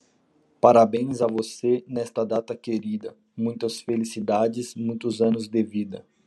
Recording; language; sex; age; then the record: short text; Brazilian Portuguese; male; 30 to 39 years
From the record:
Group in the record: control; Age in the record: 37 years